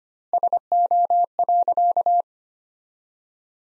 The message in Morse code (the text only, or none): SO.